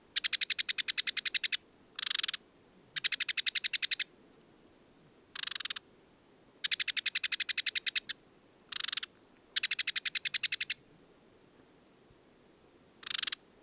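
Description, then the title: Desert sparrow producing loud, rapid rattling trills lasting one to one and a half seconds, alternating with shorter buzzy bursts, repeated with brief silent gaps between phrases. Male perched atop an acacia at Mayateg oasis, Mauritania, 22 February 2019; song of twitters, trills and inventions recalling common linnet; windless; parabolic dish, Telinga Pro 7, MixPre-3. "Le Moineau blanc du désert - Mauritanie"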